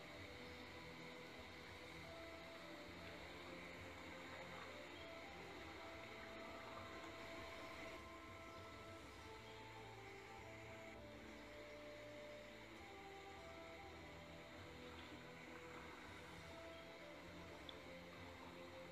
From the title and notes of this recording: Pov: you're on a boat ride through the rainforest.